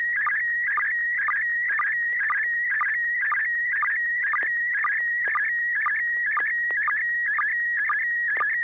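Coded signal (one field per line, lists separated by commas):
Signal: SSTV (slow-scan television)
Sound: warbling, chirping tone with steady short low blips about twice a second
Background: low hum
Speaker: Joel if you want to kick off the first uh picture transmission go right ahead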